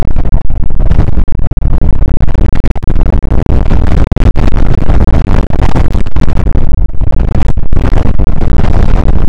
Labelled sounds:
wind
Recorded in the Prudhoe Bay oil fields, Alaska, on 2 August 2019 at 01:36
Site 29

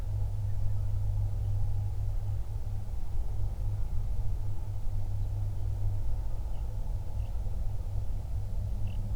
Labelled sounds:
bird, aircraft
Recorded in the Prudhoe Bay oil fields, Alaska, on 31 July 2019 at 08:43
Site 24

